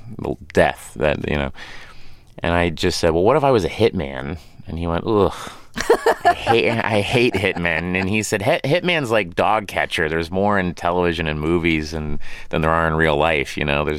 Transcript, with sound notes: Well, death, that - you know. And I just said, well, what if I was a hit man? And he went, ugh. (Laughter) I hate hit men. And he said, hit man's like dog catcher. There's more in television and movies and - than there are in real life, you know?